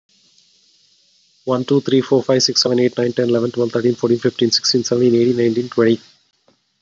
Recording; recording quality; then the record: counting at a fast pace; moderate, slight background noise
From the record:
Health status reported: COVID-19 positive, mild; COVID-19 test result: positive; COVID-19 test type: RT-PCR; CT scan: not taken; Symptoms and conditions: cough, cold, fever, fatigue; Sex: male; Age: 47 years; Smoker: no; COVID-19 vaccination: both doses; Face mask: worn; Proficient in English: yes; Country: India